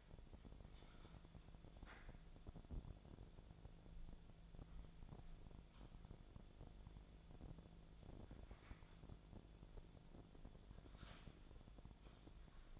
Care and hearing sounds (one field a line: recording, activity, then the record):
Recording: daily activity, microphone in the room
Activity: typing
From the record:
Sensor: 5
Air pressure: 1000.3 hPa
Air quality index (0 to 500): 116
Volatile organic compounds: 1 ppm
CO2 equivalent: 928 ppm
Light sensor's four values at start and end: 116/273/117/126 and 116/274/118/127